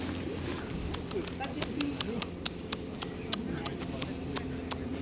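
A seagull's feet patter on the roof of a Volvo car on a warm day, in quick, uneven sharp taps, around twenty light clicks over a low background murmur and rumble.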